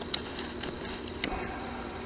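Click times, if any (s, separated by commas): none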